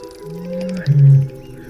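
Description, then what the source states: Eurasian bittern booming: a very deep, hollow hoot, with a quieter lead-in followed by one strong low note. Song, a call for love likened to a distant foghorn; threatened species, about 300 males in France.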